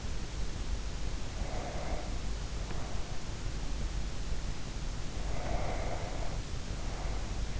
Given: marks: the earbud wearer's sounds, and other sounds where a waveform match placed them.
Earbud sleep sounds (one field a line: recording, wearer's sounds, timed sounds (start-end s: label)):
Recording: sounds in sleep by an in-ear microphone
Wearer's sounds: breath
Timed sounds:
1.09-3.57 s: breath
4.72-7.60 s: breath